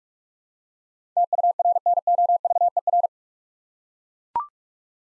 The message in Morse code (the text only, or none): TURNOVER